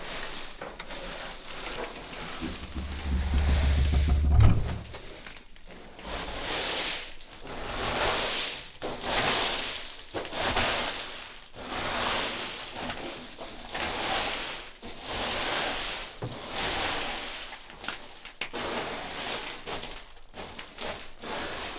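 Chestnut-growing work sounds: a run of bright, hissing swishes and rustles, each swelling and fading over a second or two with short gaps between. A low rumbling thud rises beneath them around the fourth second, and the rustling continues at a fairly even pace throughout.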